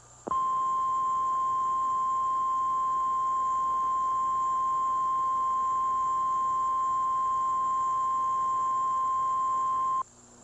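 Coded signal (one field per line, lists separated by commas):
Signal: Emergency Alert System (SAME) tones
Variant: 1050 Hz attention tone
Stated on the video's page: Tornado warning aired on a TV station during a NASCAR race broadcast.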